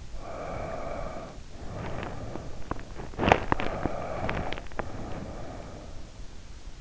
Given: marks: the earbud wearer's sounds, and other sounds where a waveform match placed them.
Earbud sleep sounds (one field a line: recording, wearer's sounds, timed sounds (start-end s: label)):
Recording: sounds in sleep by an in-ear microphone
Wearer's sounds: breath, teeth grinding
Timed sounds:
0.30-3.14 s: breath
1.91-4.91 s: teeth grinding
3.21-5.89 s: breath